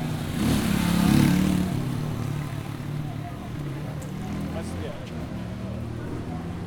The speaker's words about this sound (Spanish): Ya aquí en el Colegio La Lorenza se ve mucho, mucho tráfico, motos, carros y personas.